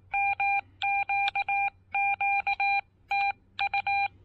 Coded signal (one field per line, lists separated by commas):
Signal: Morse code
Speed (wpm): 18 wpm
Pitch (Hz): 2400 Hz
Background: none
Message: MQQ T U